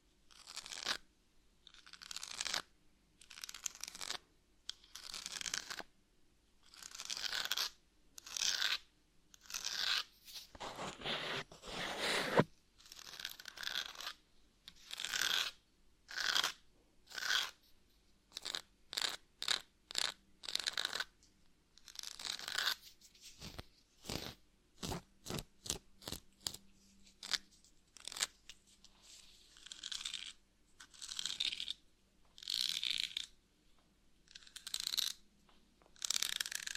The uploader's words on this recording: ASMR Brain Melting Scratching (No Talking).